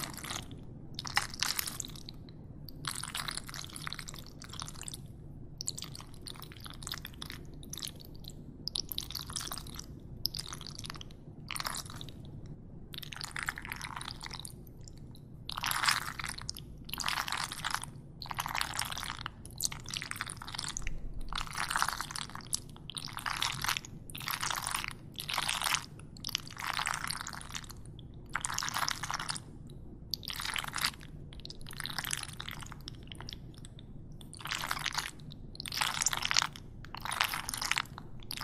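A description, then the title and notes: Mac and cheese is stirred in a pot, a run of wet, squishy, sticky strokes that come every second or so for the full length. Each stroke sounds thick and slurping, and a low steady hum sits underneath. Mac N Cheese Stirring.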